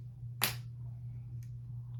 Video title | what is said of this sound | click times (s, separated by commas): NEW* DIOR FOREVER SKIN PERFECT 24 HR MULTI USE FOUNDATION STICK #newmakeup #foundationreview | but then when I turn it back, it clicks into place. So that's nice too. | 0.4 s